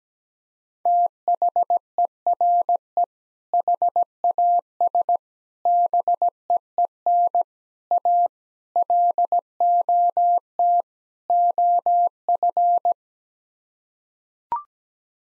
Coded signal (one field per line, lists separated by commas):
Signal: Morse code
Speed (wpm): 17 wpm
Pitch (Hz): 700 Hz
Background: none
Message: THERE HAS BEEN A LOT OF